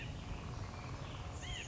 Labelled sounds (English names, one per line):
California Quail